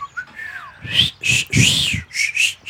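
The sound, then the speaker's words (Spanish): A person tries to whistle to call out to someone: a couple of thin, wavering high tones at first, then five breathy, airy blasts with only a faint pitch, as if the whistle keeps failing. “Hombre, no se va a chiflar ni madre, va, güey. No. No me sale, güey.”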